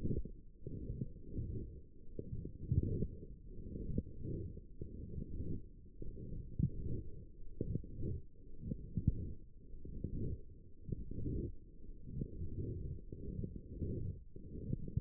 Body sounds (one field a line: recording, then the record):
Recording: forearm muscle sounds (acoustic myography)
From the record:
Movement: forearm supination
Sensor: system 1, eight BSWA MPA416 microphones around the upper forearm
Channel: 3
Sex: female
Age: 21 years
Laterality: right